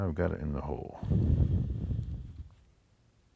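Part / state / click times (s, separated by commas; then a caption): trigger spring in a pistol fire control unit / not seated / none. While reassembling a Sig P320 pistol's fire control unit with a USPSA competition spring kit, the trigger spring leg is worked into its hole on the metal frame. Someone talks briefly, then faint handling and scraping noises follow before fading to near silence. Nothing has seated or clicked yet.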